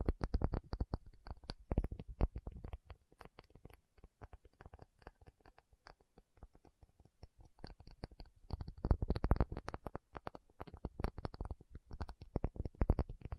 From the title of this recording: Tapping Session (No Talking)